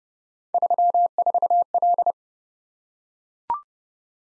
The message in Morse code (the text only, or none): 34L